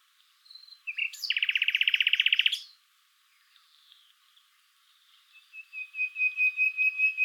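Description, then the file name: Common nightingale delivering a loud, rapid rattling trill for over a second, a quiet gap, then a series of pulsed whistled notes growing louder. "Luscinia megarhynchos"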